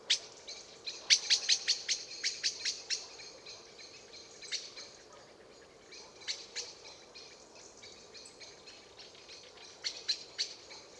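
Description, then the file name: Common blackbird chinking in a fast series of sharp clicks, then scattered single calls. "Turdus merula"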